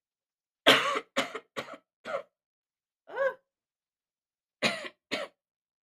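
A coughing fit of about seven short, harsh coughs in two clusters from an adult woman, with a more voiced, throat-clearing-like sound between them. Each cough is brief and dry-sounding in a quiet room, a plain bout of repeated coughing.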